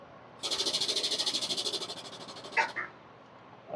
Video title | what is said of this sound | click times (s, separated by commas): HOW TO AFFORD RC AIRPLANES WHAT I DO FOR A LIVING | I heard one safety latch on the wheel lifts that's good | 2.6 s